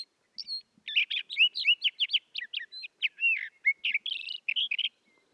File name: Sage Thrasher Oreoscoptes montanus